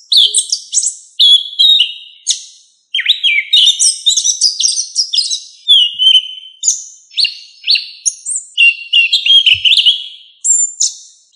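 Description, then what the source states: Thrush singing a rapid, varied run of high whistled and slurred notes, phrases tumbling one after another with brief pauses. Thrush of the family Turdidae, locally called sabiá.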